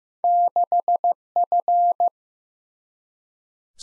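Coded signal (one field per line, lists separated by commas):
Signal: Morse code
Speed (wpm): 15 wpm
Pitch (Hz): 700 Hz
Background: none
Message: 6F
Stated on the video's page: Morse practice drill of random two-character letter and number combinations at 15 WPM, each sent, spoken, then sent again.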